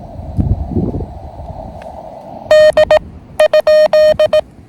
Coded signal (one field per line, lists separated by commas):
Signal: Morse code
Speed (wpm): 18 wpm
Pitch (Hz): 620 Hz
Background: none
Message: D ?